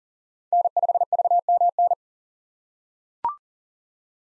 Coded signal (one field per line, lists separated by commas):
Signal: Morse code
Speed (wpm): 38 wpm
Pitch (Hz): 700 Hz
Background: none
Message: N5VMN